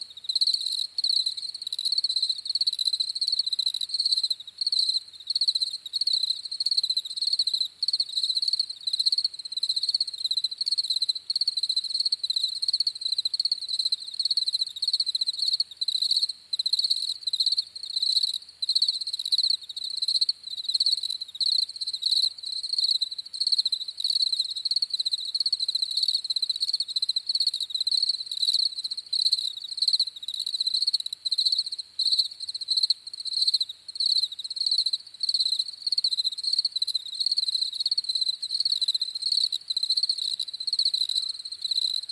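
Crickets chirp steadily in the countryside, a dense, continuous high trill that never lets up for the whole stretch. The pulsing is fast and even, with a shrill band and fainter higher overtones. Nothing else intrudes; the low end stays silent.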